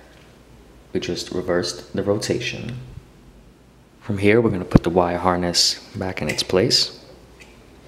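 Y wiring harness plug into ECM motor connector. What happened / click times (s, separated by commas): The harness connector is handled but not yet seated; no latch click / none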